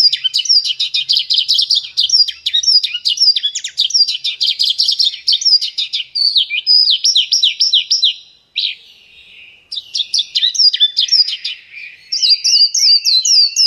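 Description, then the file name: Horsfield's bush lark delivering a long, rapid stream of sharp high chirps and down-slurred notes, with a short gap before the song picks up again. Vietnam-type song style. "branjangan vietnam"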